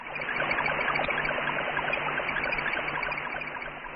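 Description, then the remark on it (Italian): A steady wash of hissing, crackling radio noise from the Explorer 15 satellite, received by the antenna at Bochum in October 1962, with faint pulsing tones underneath, resembling the babble of running water. It holds at an even loudness throughout, with no voices. “piove davvero questo segnale sull'antenna di Bochum. È l'Explorer 15, un vero e proprio laboratorio scientifico automatico”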